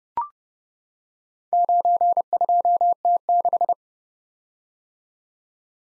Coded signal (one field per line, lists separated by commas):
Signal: Morse code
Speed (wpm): 30 wpm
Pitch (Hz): 700 Hz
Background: none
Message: 92T6